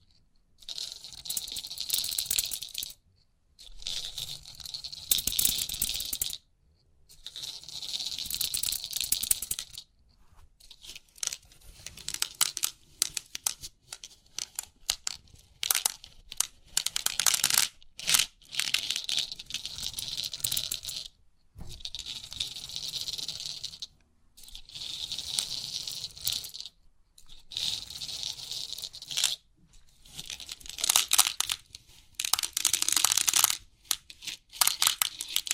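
Crisp 3D pin art tingles: bursts of bright, dense clicking and rattling as many small pins shift, lasting a few seconds each. Short silent gaps separate the bursts, which repeat throughout, some louder and fizzier than others.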